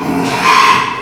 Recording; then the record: squeal of a Yucatan mini pig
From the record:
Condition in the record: after surgery on the right vocal fold (resection and tissue-engineered implant); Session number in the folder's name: 1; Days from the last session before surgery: 6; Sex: male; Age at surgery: 12 weeks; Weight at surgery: 13 kg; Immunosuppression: cyclosporine, prednisolone